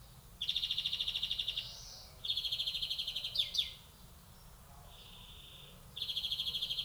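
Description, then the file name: European greenfinch song: rapid buzzy trills repeated in bursts of about a second, with one rising wheezy note and a quick sweeping phrase between them. "Chloris chloris"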